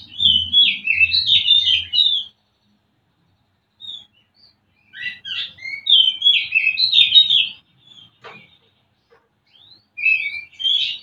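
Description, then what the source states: Oriental magpie-robin song: rich whistled phrases in three bursts with quiet gaps, a low hum at the start and a sharp click toward the end. Used as a lure to stimulate a bird in breeding condition to sing.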